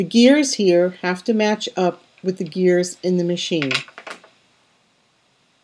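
Someone talks while lining up a rotary blade housing so its gears mesh with the gears in the tool clamp of a Cricut Maker cutting machine before it is pushed in. Nothing has seated or clicked yet, and the clip goes silent after about 4.4 seconds.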